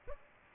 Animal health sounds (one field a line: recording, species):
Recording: mosquito wingbeat signal from an infrared sensor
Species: Aedes aegypti